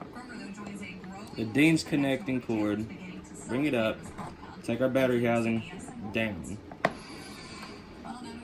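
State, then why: Seated. Someone talks while rebuilding a Xinglehong 9125 RC car, routing the power cord with its Deans connector up and pushing the plastic battery housing down into the chassis. A sharp snap at 6.9 s marks the battery housing seating into place.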